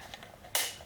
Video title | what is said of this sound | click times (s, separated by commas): HOW TO: VF Quad Projector Headlights + Projector Lens Etching | push it until it clicks | 0.6 s